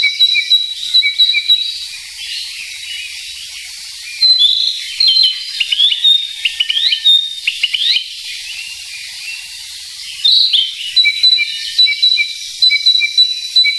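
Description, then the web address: Narcissus flycatcher song of repeated thin whistled notes, then a burst of rapid slurred chirps in the middle, followed by more evenly spaced high whistles. "sikioto. kibitaki"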